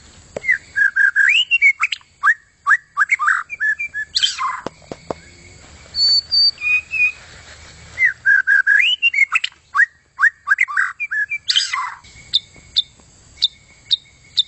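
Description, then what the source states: White-rumped shama song of rapid, varied whistles and chips, a loud harsh burst, then high thin tones and a repeated phrase, ending with evenly spaced high notes. Long song.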